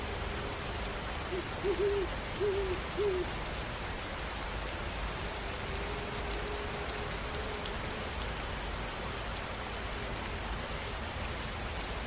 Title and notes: the gentle hoots of owls in the distance